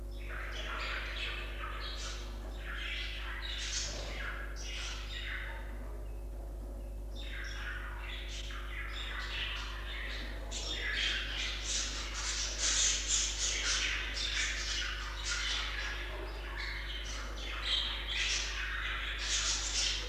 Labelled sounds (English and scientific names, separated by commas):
Budgerigar (Melopsittacus undulatus) call